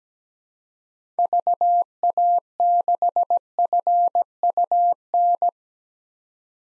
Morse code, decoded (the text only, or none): VA6FUN